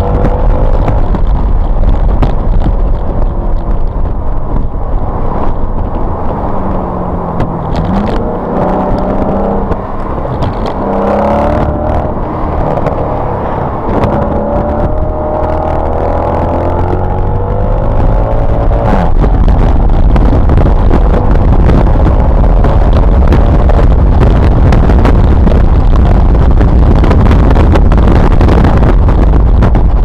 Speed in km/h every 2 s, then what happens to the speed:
132, 119, 89, 55, 55, 58, 63, 68, 85, 113, 135, 145, 156, 153, 145.
0-6 brakes to 55. 8-24 speeds up to 156. 24-30 slows to 145.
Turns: 11-18.